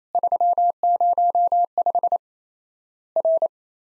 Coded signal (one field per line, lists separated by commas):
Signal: Morse code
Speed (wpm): 28 wpm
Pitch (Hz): 700 Hz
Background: none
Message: 305 R